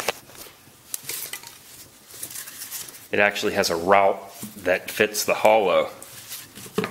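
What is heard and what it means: A kindling-splitting attachment is handled as it is fitted toward its mounting hole, with light clinks and scrapes of metal and a few sharp taps around 0.1 s and 0.9 s, while someone talks. Nothing has seated or clicked into place yet; the clip ends before the attachment goes home.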